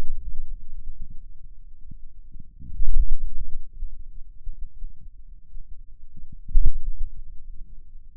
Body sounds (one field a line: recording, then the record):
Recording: forearm muscle sounds (acoustic myography)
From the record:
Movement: ulnar deviation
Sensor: system 2, bracelet of six BSWA MPA416 microphones around the upper forearm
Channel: 5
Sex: male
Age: 22 years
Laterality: right